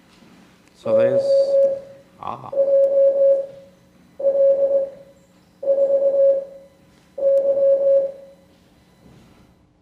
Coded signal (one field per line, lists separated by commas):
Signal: Morse code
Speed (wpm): 18 wpm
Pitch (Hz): 550 Hz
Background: speech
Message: YJL4Y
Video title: Morse Code Class 07